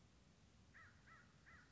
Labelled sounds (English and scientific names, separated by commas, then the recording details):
American Crow (Corvus brachyrhynchos)
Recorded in Sonoma County, California